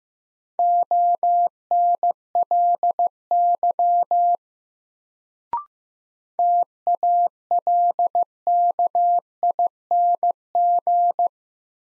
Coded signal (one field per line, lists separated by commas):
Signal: Morse code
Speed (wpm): 15 wpm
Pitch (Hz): 700 Hz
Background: none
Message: ONLY TALKING